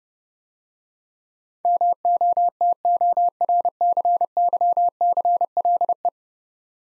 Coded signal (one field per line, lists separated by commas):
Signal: Morse code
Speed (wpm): 30 wpm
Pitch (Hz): 700 Hz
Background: none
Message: MOTORCYCLE